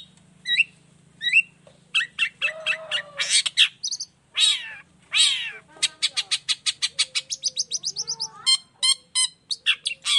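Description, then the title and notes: Long-tailed shrike song, a busy run of sharp high chips, squeaky mewing notes and rapid trills, with repeated clicking notes toward the end. Active morning singing with varied toet-toet notes, used as a lure recording to prompt other shrikes of any kind to reply quickly. "Cendet Gacor Dor Di Kala Pagi Toet Toet Variasi Suara. Cendet Gacor Efektif Pancingan Buat Cendet Jenis Apapun Agar Cepat Nyaut Buka Paruh. Burung cendet"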